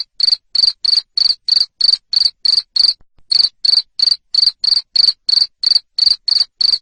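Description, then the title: Cricket calling with sharp, high-pitched chirps in an even rhythm, around three a second, with one short break near three seconds. Loud cricket chirping (ngerik) used to stimulate lovebirds to sing continuously (ngekek). "Suara JANGKRIK NGERIK Keras Bikin LOVEBIRD Jadi NGEKEK Terus Vubey"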